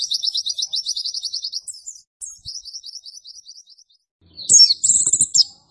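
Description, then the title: White-eye song: very high, quick trilled phrases, a brief pause, another run of sharp notes, then a louder chattering finish. Training recording for cage birds, described as gacor, meaning vigorous, frequent singing. "Pleci Gacor 02. Masteran Burung PLECI Paling DICARI Untuk Cetak PRESTASI"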